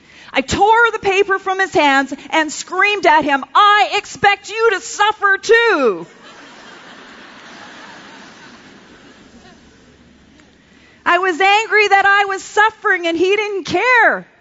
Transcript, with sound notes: I tore the paper from his hands and screamed at him, “I expect you to suffer, too!” (laughter) I was angry that I was suffering, and he didn’t care!